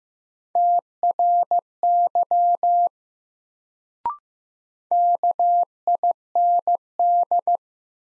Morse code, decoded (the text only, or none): TRY KIND